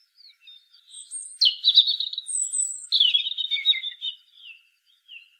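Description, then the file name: European robin delivering short high phrases: thin whistles followed by two loud trilling bursts and fading soft notes at the end. "Erithacus rubecula"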